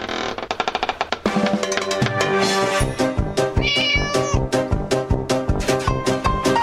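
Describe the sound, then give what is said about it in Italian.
Many kittens meow over and over, their high, wavering cries overlapping in a dense, rhythmic, almost musical stream that stays loud throughout, with no one talking. “i gattini come quelli di Oscar”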